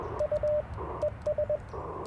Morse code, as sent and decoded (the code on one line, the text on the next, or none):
..- / . ...
U ES